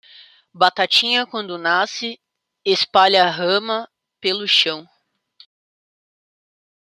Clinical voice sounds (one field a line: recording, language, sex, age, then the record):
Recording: short text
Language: Brazilian Portuguese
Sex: female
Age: 20 to 29 years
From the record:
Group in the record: control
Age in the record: 23 years